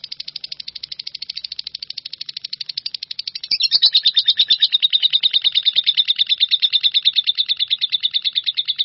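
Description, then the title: Bird song: a continuous rapid ticking trill that jumps louder and slightly lower at about three and a half seconds, then carries on as an insistent, evenly pulsed chatter. "burung online"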